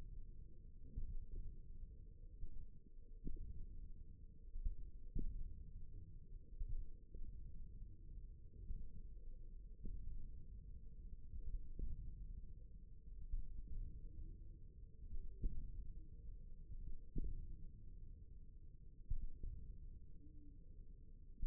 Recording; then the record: forearm muscle sounds (acoustic myography)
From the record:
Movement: wrist extension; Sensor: system 1, eight BSWA MPA416 microphones around the upper forearm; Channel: 4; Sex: male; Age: 54 years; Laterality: right